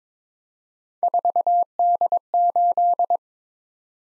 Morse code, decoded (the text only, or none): 4D8